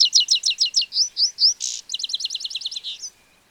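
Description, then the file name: European goldfinch song with rapid repeated tinkling notes, a short harsh buzz, then another quick string of bright twittering elements ending abruptly. "Carduelis carduelis"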